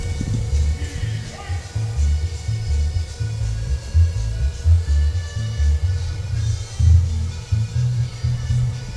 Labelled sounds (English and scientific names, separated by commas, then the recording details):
none
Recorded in pastures near Puerto Asís, Putumayo, Colombia, on 22 December 2024 at 15:00
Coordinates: 0.497, -76.327
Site G088